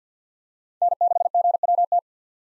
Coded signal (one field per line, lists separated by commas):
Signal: Morse code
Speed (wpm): 50 wpm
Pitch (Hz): 700 Hz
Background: none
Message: N6GWT